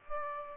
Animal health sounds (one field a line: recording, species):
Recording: mosquito wingbeat signal from an infrared sensor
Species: Aedes aegypti